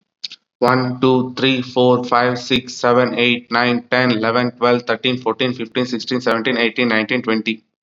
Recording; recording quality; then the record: counting at a fast pace; excellent, no background noise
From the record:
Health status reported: COVID-19 positive, mild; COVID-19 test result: positive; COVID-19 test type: rapid antigen test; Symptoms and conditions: cough, fever, muscle pain, diarrhoea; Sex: male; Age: 27 years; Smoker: no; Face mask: not worn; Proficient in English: yes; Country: India